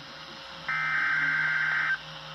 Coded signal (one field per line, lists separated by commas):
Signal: Emergency Alert System (SAME) tones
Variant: header bursts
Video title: EAS Alerts From June 19, And June 20, 2021, [EAS #590 - #595]